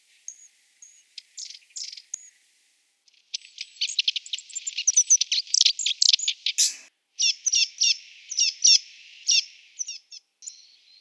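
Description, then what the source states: Bird song of rapid high chirps and trills, some notes sweeping, delivered in dense bursts with brief pauses, clean background. Song unit 4.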